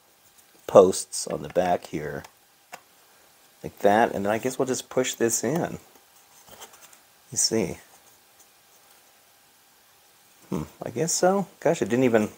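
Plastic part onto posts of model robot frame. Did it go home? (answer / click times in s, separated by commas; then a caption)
no / none. A plastic part for a Fanhome R2-D2 model robot frame is lined up on the posts on the back and pushed in while someone talks. It goes in without any snap; nothing has clicked or seated, and the part feels loose.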